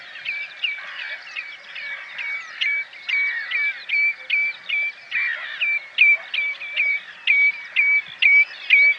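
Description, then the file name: Common redshank calls: clear, sharp, mid-pitched notes with a hooked ending, repeated about twice a second over a busy background of softer overlapping bird calls. "krwawodziob"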